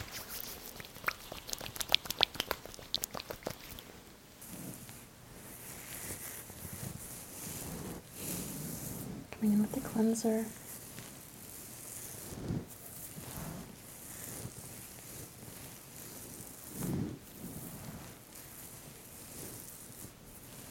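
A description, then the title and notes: Quick scissor snips click in a rapid burst over the first four seconds, then give way to soft, steady rustling of fabric and skin being rubbed. Around ten seconds a few brief low voiced murmurs come through, and scattered thumps and brushing strokes continue to the end. Insanely Stimulating Eyebrow & Beard Measuring, Trimming, Massage.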